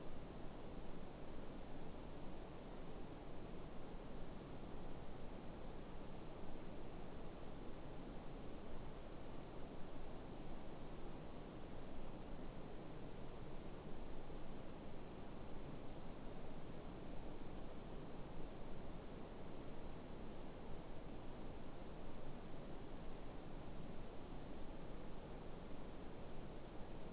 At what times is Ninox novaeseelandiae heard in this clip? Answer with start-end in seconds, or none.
none